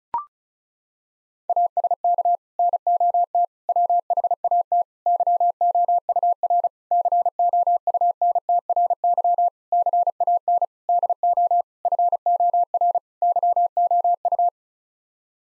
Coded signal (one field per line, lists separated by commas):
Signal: Morse code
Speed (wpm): 34 wpm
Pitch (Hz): 700 Hz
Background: none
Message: ASK NOT WHAT YOUR COUNTRY CAN DO FOR YOU